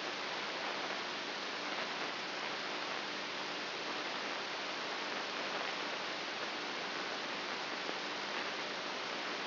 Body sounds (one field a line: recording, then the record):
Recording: brain microelectrode recording played as sound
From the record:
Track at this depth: inside the subthalamic nucleus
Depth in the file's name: 5.24 mm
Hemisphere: right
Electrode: 2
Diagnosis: Parkinson's disease